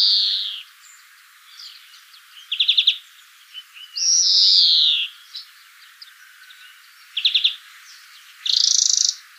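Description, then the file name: European greenfinch alternating long nasal wheezes with short rapid trilled bursts, a few faint chirps between phrases. "Chloris chloris"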